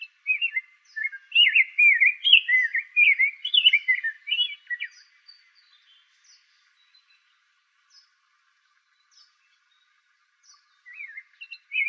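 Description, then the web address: Rose-breasted grosbeak giving a sweet, rolling warble of rapid slurred notes for several seconds, then faint high chips, with song resuming briefly at the end. Arizona. "Grosbeaks Buntings RBGR"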